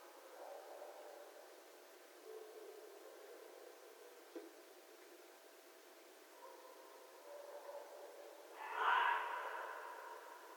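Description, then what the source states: Red fox with one hoarse, breathy call near the end, after a stretch of quiet hiss with a faint click. Recorded 11 January 2012.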